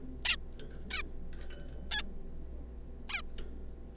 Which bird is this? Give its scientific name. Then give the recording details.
Taeniopygia guttata. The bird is a juvenile. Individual R3549